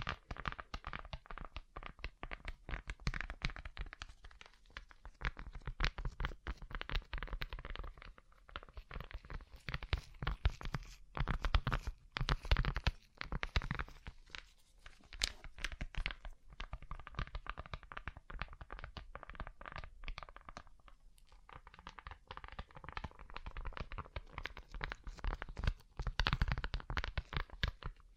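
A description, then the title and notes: Tapping on a rhinestone-covered surface, made of quick, dense clicks and scratchy, crunchy strokes that continue across the whole recording. The rhythm is uneven, with bursts of faster tapping and brief quieter gaps around 5, 14 and 21 seconds. A low rumble sits underneath. ASMR Rhinestone Covered Tapping 3Dio (No Talking).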